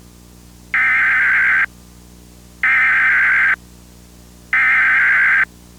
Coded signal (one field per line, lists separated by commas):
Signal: Emergency Alert System (SAME) tones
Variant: header bursts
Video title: Emergency Alert System required weekly test [WBNA-TV; November 15, 2007]